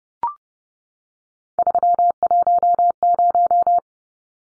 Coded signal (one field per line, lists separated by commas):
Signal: Morse code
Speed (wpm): 30 wpm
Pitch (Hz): 700 Hz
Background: none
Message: 310